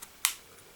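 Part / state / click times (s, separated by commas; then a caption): game controller into console side rail / seated / 0.2 s. A Joy-Con controller with a folded paper strip over its contacts is slid down the side rail of a Nintendo Switch console. A faint tick at 0.0 s is followed by a sharp, bright click at 0.3 s as it latches. The controller is locked into place but not electrically connected.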